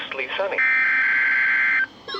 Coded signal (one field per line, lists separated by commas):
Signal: Emergency Alert System (SAME) tones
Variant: header bursts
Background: speech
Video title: Over Break Captures| EAS Alerts From 9/9/2020-10/7/2020 (#83-87)